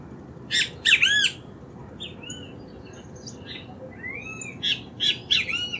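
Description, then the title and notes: Great kiskadee gives shrill, harsh multi-note squawks in bursts at the start and end, with softer slurred whistled notes between, over a constant low rumble. Several birds calling in ambient sound near the Iyuí stream, Casavalle, Montevideo, Uruguay, recorded 7 October 2019. "Sonido ambiente con canto de Benteveos. Recopilado el 7 de octubre de 2019 en las inmediaciones de la cañada Iyuí (Casavalle, Montevideo - Uruguay) por Alejandro Andrada, para el Proyecto CasavalleDigital"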